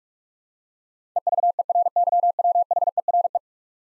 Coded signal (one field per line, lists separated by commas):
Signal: Morse code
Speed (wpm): 41 wpm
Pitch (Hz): 700 Hz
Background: none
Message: EVERYWHERE